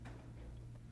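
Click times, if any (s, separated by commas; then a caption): none. A cable connector, its red dot lined up with the red dot on a Vantage laser tracker's socket, is handled before being pushed in. Over a steady low hum, a few faint soft ticks and light handling noises are heard. Nothing has seated or clicked yet.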